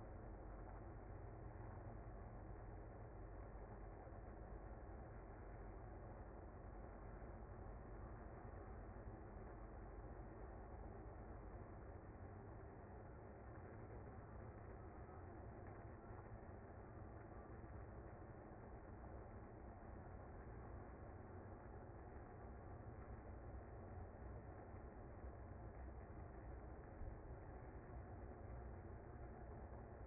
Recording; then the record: honeybee colony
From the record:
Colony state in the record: active